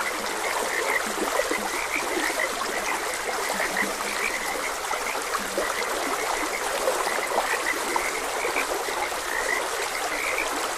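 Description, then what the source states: Steady frog chorus of quick repeated croaks, a few deeper notes early on, with the smooth hiss of stream water throughout. Frogs croaking beside a gentle stream.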